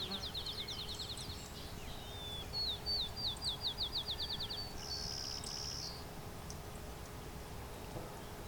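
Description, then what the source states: Clay-colored Sparrow singing high, flat buzzes made of rapid ticking pulses, a few buzzy trains in a row, over a steady low hum and background noise. Late June morning along a hydro corridor near Westover, Ontario, in open thicket mixing field and shrubs; western bird spreading east, occasionally hybridizes with field sparrows.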